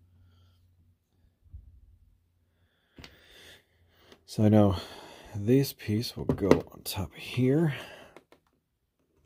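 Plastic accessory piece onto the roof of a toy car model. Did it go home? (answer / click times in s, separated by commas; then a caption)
no / none. A plastic accessory piece is set onto the roof of a Hasbro Ghostbusters Plasma Series Ecto-1 toy car model while someone talks. Only soft placement taps are heard as the piece sits down in place. It does not snap in, and nothing has seated or clicked yet.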